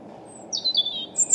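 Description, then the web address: European robin song fragment: a quick cascade of high thin notes sliding downward, followed by a pair of very high sparkling notes, faint low hum behind. "Deverinetal 2025 Bird Only Er Ru"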